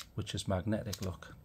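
Someone talks while handling the magnetic flip latch on the plastic precision-bit case of a Jakemy JM-8192 180-in-1 precision driver tool set; the latch works by magnets and snaps to one side. Nothing has seated or clicked yet in this clip, which ends just before the part goes home.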